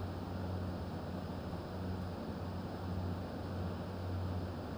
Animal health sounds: poultry house recording; no chicken sound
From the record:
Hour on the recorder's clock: 22

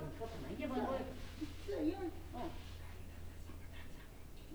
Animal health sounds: poultry house recording; no chicken sound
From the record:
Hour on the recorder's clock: 17

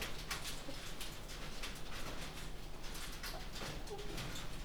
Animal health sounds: poultry house recording; healthy chickens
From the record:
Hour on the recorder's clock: 18

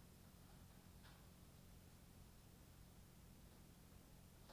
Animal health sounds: poultry house recording; no chicken sound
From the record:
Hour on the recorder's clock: 23

